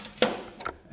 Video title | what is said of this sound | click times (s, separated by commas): Dzus Buttons w/Ronnie Davis III Tech Tip 2023 | just click it | 0.2 s